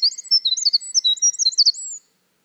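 Winter wren song fragment: quick, very high jumbled twitters and slurred whistles tumbling together for about two seconds, then silence.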